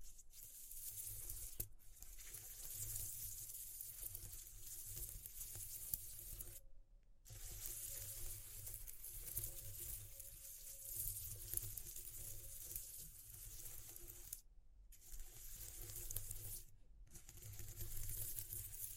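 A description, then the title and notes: A dense, steady hiss like running tap water sits over a low hum, cut by abrupt brief silences near 2, 7, 14.5 and 17 seconds. ASMR Exploring Textures (No Talking).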